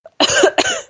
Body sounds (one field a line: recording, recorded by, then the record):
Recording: voluntary cough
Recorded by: messaging app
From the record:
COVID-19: negative